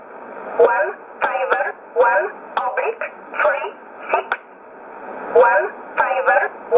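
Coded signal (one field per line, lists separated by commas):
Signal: numbers station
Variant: E11 Oblique, English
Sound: a voice reading short, evenly spaced words through narrow, tinny radio audio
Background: radio static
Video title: 14 04 2020 E11 Oblique Numbers station in English 0846 on 12202 unknown tx site in USB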